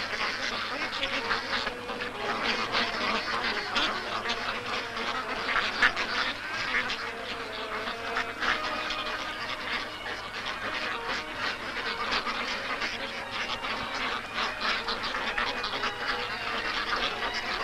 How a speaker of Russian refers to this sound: Утки, толпясь и толкаясь, жадно поедают еду.